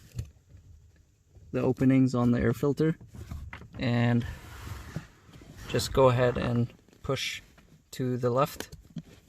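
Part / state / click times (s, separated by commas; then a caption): cabin air filter cover into the filter housing of a car / not seated / none. A plastic cabin air filter cover on a Volkswagen Passat or Jetta is guided onto the filter housing openings and pushed to the left. Someone talks throughout, with a few faint handling taps around 0.2 s and near the end. Nothing has seated or clicked yet.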